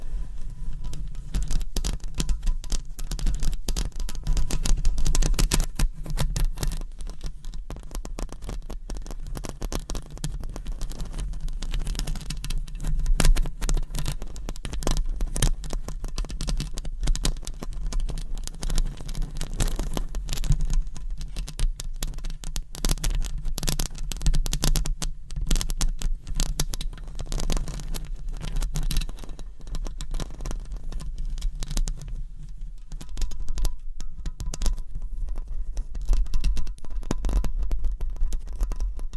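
Long nails scratch a microphone in dense, continuous rustling scrapes with quick irregular strokes over a steady low hum, without pauses or speech.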